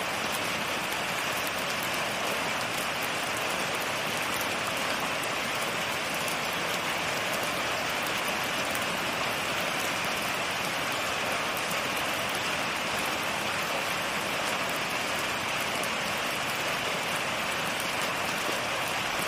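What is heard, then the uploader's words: Rain drums on a tin roof in a dense, unbroken patter that holds steady from start to finish. The sound is bright and crisp, thick with tiny impacts, over a soft low rumble underneath. No single event stands out. Rain Sounds On Tin Roof.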